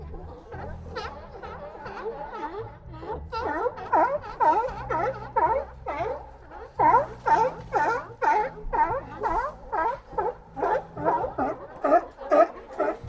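At Old Fisherman's Wharf, rapid rhythmic barking animal calls repeat about twice a second, growing louder midway, over a steady low rumble.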